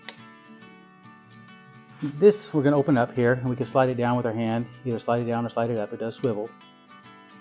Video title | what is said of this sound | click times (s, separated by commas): ComfyGO X 9 Electric Wheelchair Installation Process | With our battery in place, let's take our power supply, the two reds here, and connect those. You'll hear a nice click here. | 0.1 s